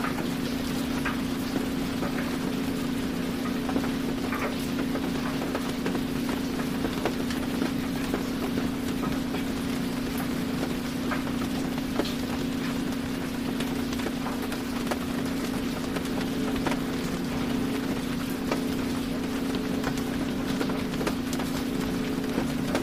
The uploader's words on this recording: Rainy Day Laundry. Your clothes tumble rhythmically in the dryer, as rain patters outside.